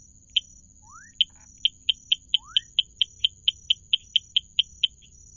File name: Dendropsophus rubicundulus